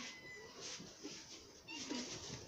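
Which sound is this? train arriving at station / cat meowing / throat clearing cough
cat meowing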